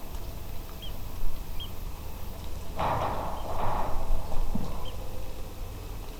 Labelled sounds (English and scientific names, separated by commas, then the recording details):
Eurasian Oystercatcher (Haematopus ostralegus)
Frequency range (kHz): Eurasian Oystercatcher (Haematopus ostralegus) 2.1-3.5 kHz
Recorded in France